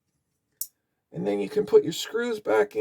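A toy train motor is lined up and pushed into the body shell of a Lionel Postwar locomotive (models 2016, 2018, 2026, 2037), and its small protrusions settle into dimples in the body. A short, sharp high-pitched click at 0.6 s marks the motor seating into place, followed by a pause. From about 1.1 s someone talks.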